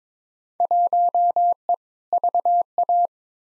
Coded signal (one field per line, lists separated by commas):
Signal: Morse code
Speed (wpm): 22 wpm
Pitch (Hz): 700 Hz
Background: none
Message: 1E VA